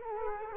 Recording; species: mosquito wingbeat signal from an infrared sensor; Culex quinquefasciatus